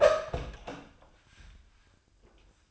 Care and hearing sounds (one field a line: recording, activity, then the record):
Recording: daily activity, microphone in the room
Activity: open door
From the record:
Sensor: 2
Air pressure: 1004.7 hPa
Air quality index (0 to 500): 75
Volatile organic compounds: 1 ppm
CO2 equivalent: 888 ppm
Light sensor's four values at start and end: 7/16/6/7 and 7/16/6/7